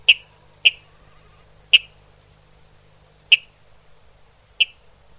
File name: Rallus aquaticus sequence